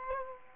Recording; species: mosquito wingbeat signal from an infrared sensor; Culex quinquefasciatus